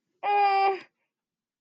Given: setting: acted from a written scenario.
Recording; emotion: vocal sound without words; distress